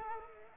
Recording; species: mosquito wingbeat signal from an infrared sensor; Culex pipiens